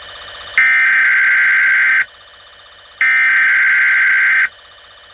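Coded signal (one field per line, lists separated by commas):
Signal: Emergency Alert System (SAME) tones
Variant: header bursts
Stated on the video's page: Simulated Emergency Alert System scenario of a nuclear attack on the U.S.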